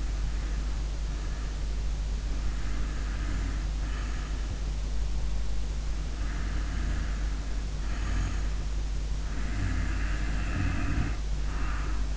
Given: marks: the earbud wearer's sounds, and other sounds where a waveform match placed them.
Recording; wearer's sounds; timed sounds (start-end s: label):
sounds in sleep by an in-ear microphone; breath, snoring breath
0.00-1.75 s: breath
2.04-4.71 s: breath
5.88-8.70 s: snoring breath
9.12-12.17 s: snoring breath